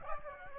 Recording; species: mosquito wingbeat signal from an infrared sensor; Aedes aegypti